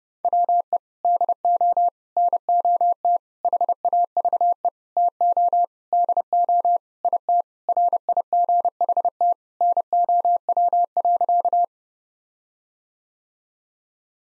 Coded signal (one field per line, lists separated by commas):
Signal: Morse code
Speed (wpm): 32 wpm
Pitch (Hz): 700 Hz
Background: none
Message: WE DO NOT HAVE TO DO IT RIGHT NOW.